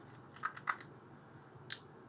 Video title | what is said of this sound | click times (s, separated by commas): REAL REVIEWS UNBOXING The QooCam EGO 3D Camera | There. And definitely want to make sure that it's snapped into place. | 1.7 s